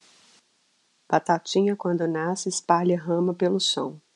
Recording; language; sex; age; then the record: short text; Brazilian Portuguese; female; 40 to 49 years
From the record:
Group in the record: control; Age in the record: 40 years